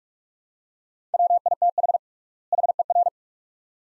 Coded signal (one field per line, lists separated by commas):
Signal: Morse code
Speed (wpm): 42 wpm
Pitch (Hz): 700 Hz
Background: none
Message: WITH HER